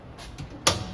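On a 2023 Chaparral 336TSIK travel trailer, the two keyways on the exterior hot water tank access cover are lined up and the cover is popped open. A faint knock near 0.4 s is followed by a sharp pop at 0.7 s as the cover releases open. No one talks.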